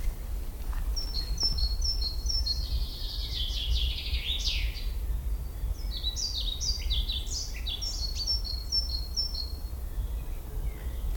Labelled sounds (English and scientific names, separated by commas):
European Pied Flycatcher (Ficedula hypoleuca) song